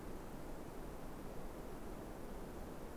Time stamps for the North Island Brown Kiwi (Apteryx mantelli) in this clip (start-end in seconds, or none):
none